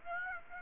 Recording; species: mosquito wingbeat signal from an infrared sensor; Aedes aegypti